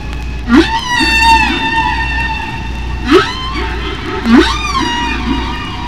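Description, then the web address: Humpback whale song: three rising whoops with long harmonic-rich tonal moans between them, over a low background hum. "Songs of the humpback whale"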